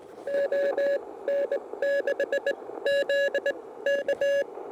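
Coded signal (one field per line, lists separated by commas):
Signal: Morse code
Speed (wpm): 21 wpm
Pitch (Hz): 560 Hz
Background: radio noise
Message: ON6ZK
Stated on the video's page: CW sent at QRP power on 20, 40 and 60 m, field-testing a Rybakov antenna.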